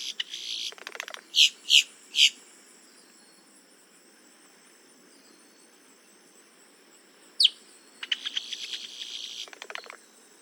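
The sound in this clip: Boat-tailed grackle song: a brief rattle, three loud clipped notes, a quick descending sweep, then a long run of harsh, dry rattling.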